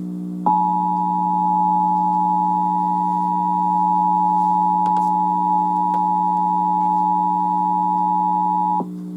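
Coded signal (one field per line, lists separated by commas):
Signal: Emergency Alert System (SAME) tones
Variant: 853 and 960 Hz attention tone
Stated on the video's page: National periodic test recorded from TV stations, satellite TV and an AM radio station, on a DVR and cassette tape.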